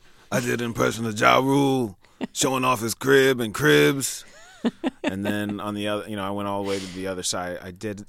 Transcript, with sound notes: I did an impression of Ja Rule showing off his crib in "Cribs."
(LAUGHTER)
And then on the other, you know, I went all the way to the other side.